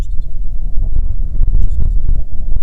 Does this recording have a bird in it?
yes